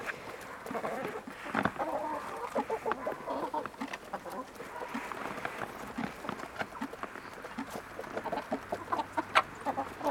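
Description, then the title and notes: Chickens clucking, many short clucks. Chickens being lured in. "Luring chickens - Csirkék becsalogatása. Ebben a videóban becsalogatjuk a csirkéket és elkapom Bolyhoskát a csirkét"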